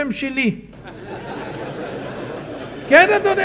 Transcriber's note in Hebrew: הקהל צוחק